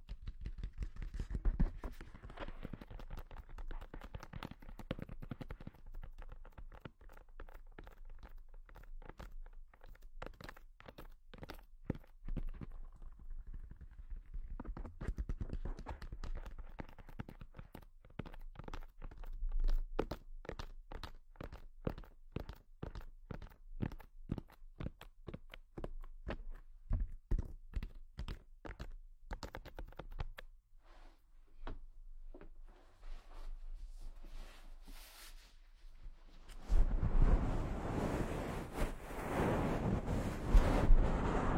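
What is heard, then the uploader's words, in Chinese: A head treatment session made of quick, dry taps and clicks, coming in dense irregular bursts with short pauses. Near the end, from about 37 seconds, a loud, steady rushing rub takes over. 疗愈SPA！头部调理，深度放松。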